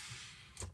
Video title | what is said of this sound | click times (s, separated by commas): BENRO POLARIS for deep sky astrophotography + ATOLL revolutionary mount + STC duo-narrowband filter | click I'm now horizontal and | 0.6 s